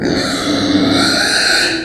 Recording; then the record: squeal of a Yucatan mini pig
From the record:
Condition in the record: before surgery on the right vocal fold (resection and tissue-engineered implant); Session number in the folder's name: 3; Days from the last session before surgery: 0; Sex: female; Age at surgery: 19 weeks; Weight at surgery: 25 kg